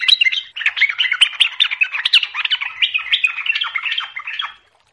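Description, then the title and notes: Yellow-vented bulbul song, a dense run of chattering, bubbly notes in rapid phrases that fade out at the end. Lure sound to make a bulbul sing continuously and in rapid bursts; for dawn, midday, afternoon and night. "Pancingan Subuh Siang Sore Malam Untuk TRUCUKAN Agar Cepat Gacor Dan Ropel. Kicau Burung Trucukan"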